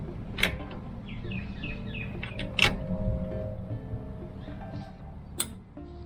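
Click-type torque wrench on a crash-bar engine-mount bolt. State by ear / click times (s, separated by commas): torque reached / 5.4 s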